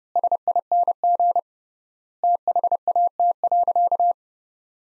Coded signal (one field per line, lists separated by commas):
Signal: Morse code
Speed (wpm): 30 wpm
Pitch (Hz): 700 Hz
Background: none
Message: SING THAT.